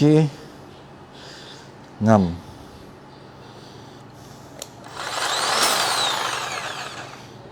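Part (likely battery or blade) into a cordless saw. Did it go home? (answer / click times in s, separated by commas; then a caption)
partly / 4.6 s. Someone talks while fitting an unnamed part, possibly the battery or blade, onto a brand-new Keyang cordless saw. One sharp hit sounds at 4.6 s, followed by a broad rushing noise. The part does not go fully home, which is put down to the saw being brand new.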